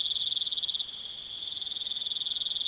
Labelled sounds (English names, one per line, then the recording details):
none
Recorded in pastures near Puerto Asís, Putumayo, Colombia, on 22 June 2025 at 20:00
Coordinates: 0.486, -76.323
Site H29